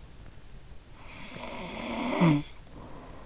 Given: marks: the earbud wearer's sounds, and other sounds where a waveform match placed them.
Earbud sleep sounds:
sounds in sleep by an in-ear microphone; snoring breath
1.08-3.14 s: snoring breath

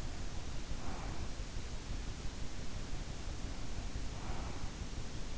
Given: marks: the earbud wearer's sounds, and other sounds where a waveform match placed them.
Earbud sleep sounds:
sounds in sleep by an in-ear microphone; breath
0.00-1.35 s: breath
2.92-4.75 s: breath

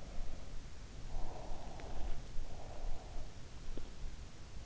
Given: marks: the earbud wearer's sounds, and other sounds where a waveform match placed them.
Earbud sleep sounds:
sounds in sleep by an in-ear microphone; breath, teeth grinding
1.00-3.20 s: breath
3.65-3.90 s: teeth grinding

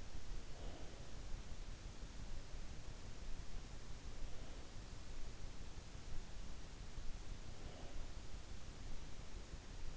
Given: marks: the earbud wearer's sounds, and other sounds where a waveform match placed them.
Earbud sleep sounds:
sounds in sleep by an in-ear microphone; breath
0.00-1.47 s: breath
7.40-8.56 s: breath

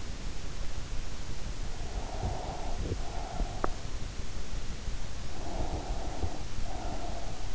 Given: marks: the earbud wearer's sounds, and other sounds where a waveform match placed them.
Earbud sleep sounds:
sounds in sleep by an in-ear microphone; breath
1.55-3.89 s: breath
5.26-7.55 s: breath

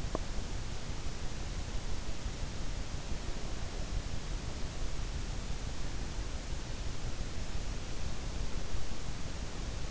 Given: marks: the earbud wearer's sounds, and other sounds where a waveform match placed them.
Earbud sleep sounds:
sounds in sleep by an in-ear microphone; teeth grinding
0.00-0.45 s: teeth grinding

